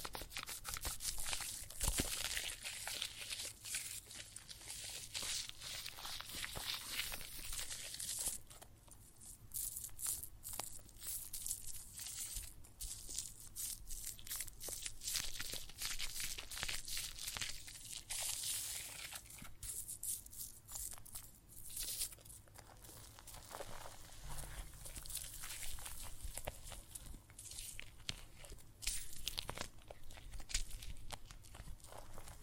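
Water and soap foam make a dense, crackling fizz of tiny bursting bubbles, bright and steady across the clip. Sharper crinkly pops and short squelching bursts come every second or so, thickest in the first eight seconds and again after twenty-four seconds.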